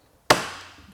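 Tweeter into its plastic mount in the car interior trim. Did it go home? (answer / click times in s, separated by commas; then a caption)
yes / 0.3 s. A replacement 25 mm silk dome tweeter from a BAVSOUND Stage One upgrade is pressed into its plastic speaker mount in the interior trim of a BMW X3 (E83). After near silence, one sharp, bright snap sounds at 0.3 s and fades over the next half second. The tweeter is seated in the mount.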